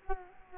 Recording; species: mosquito wingbeat signal from an infrared sensor; Culex quinquefasciatus